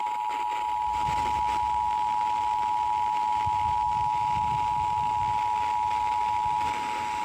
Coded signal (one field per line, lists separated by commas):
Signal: Emergency Alert System (SAME) tones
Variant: 853 and 960 Hz attention tone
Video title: MN/WI test TOR part 1 (1:45 PM CDT) (EAS #558-559)